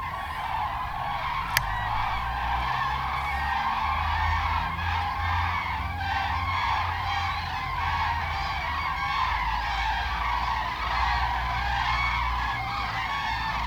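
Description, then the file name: Goose: geese keeping up a dense, steady honking chorus over a continuous low droning rumble. "Wild Geese"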